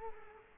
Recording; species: mosquito wingbeat signal from an infrared sensor; Culex quinquefasciatus